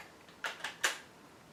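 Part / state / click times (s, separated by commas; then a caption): CPU socket retention lever on a desktop motherboard / seated / 0.8 s. After a CPU is set into a desktop motherboard's socket, the metal retention lever is pressed down and hooked under its tab. Two short scraping ticks at about 0.4 and 0.6 seconds lead into a sharp, louder click at 0.8 seconds. The lever locks into place.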